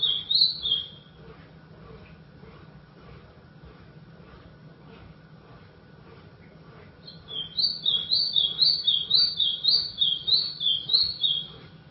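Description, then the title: White-throated seedeater: a brief high phrase, then near silence with soft ticks, then a longer rapid series of bright, rippling notes. "Canto Do Golinha"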